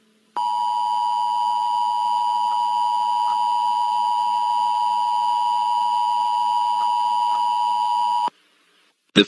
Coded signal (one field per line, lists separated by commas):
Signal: Emergency Alert System (SAME) tones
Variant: 853 and 960 Hz attention tone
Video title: EAS Scenario Spirit Halloween Animatronics